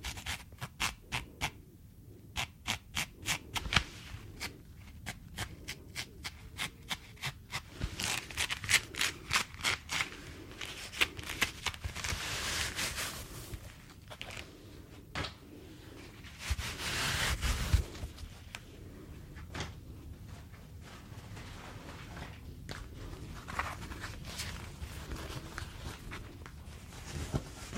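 Latex and rubber gloves crinkle and snap in quick bursts, with bright rubbing swishes and squeaks around twelve and seventeen seconds.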